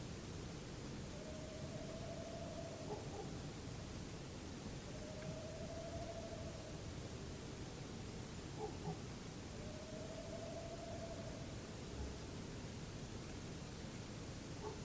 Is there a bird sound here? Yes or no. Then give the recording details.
yes. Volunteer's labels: Autre biophonie chien. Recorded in France